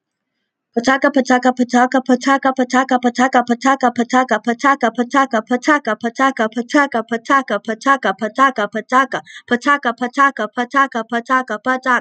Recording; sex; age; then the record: repeated syllables /pa ta ka/; female; 20 to 29 years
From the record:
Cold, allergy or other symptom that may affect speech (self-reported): no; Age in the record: 29 years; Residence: North Carolina, United States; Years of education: 12